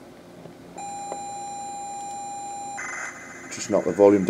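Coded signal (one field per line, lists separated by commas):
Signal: ZX Spectrum tape loading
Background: speech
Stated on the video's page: ZX Spectrum tape loading of a custom .tap made with Image to ZX Spec and a bas2tap loader.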